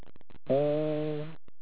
Egophony.